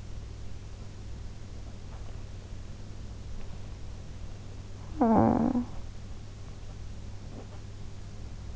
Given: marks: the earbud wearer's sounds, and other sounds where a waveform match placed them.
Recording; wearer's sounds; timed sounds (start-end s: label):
sounds in sleep by an in-ear microphone; talking in sleep
4.97-5.68 s: talking in sleep